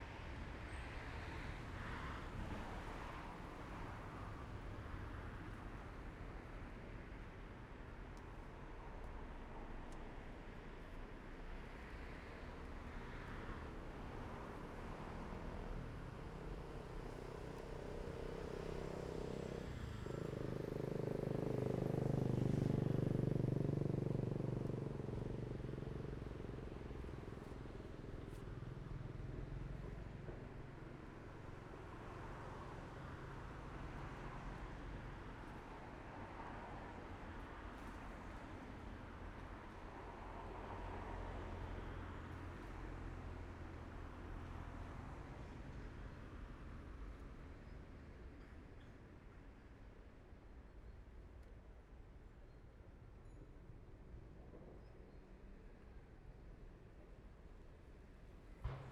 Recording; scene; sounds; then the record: everyday scene through a hearing-aid microphone; in traffic; traffic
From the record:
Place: main road on the outskirts, rush hour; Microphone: behind the ear, left, front